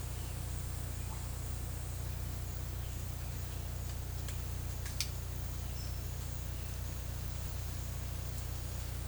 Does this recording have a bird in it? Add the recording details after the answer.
no. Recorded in secondary vegetation near Puerto Asís, Putumayo, Colombia, on 20 December 2024 at 12:30. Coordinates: 0.499, -76.323. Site G010